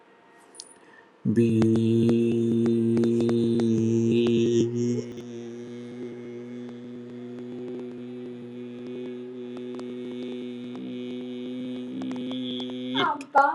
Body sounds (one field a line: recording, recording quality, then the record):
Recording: sustained vowel as in beet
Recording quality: excellent, no background noise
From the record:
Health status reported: healthy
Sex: male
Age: 32 years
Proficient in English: yes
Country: India